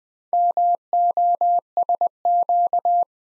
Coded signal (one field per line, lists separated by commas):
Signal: Morse code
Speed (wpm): 20 wpm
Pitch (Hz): 700 Hz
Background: none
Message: MOSQ